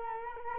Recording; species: mosquito wingbeat signal from an infrared sensor; Culex quinquefasciatus